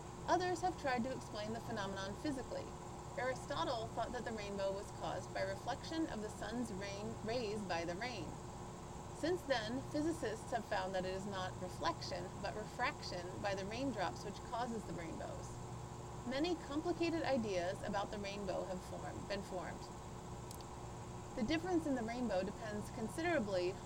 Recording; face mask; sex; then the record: reading aloud; surgical mask; female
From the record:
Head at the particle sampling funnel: tilted up or above it, chin in front of it